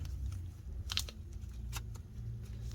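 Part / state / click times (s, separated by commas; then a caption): electrical connector into electric water pump / seated / 0.9 s, 1.0 s. A plastic electrical connector is pushed by hand onto the electric coolant (water) pump of a 2015 BMW X5 with two-wheel drive during a water pump and thermostat replacement. Against a low background rumble with a few faint ticks, a sharp double click sounds at 0.9 s and 1.0 s as the connector clips on and is seated.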